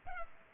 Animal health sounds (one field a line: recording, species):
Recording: mosquito wingbeat signal from an infrared sensor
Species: Culex pipiens